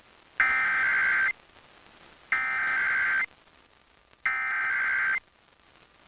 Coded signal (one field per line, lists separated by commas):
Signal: Emergency Alert System (SAME) tones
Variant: header bursts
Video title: [EAS #2297-#2305] KLLI Weekly Test & 2023 NWS Tsunami Communications Drill